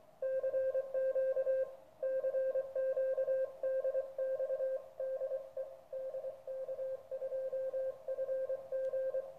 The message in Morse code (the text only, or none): CQ CQ DX DE DK2FG